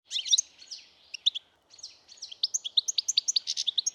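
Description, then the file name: European goldfinch twittering song, a fast jumble of high tinkling notes and buzzy trills, pausing briefly before a quicker, denser run of bright chirps. "Carduelis carduelis"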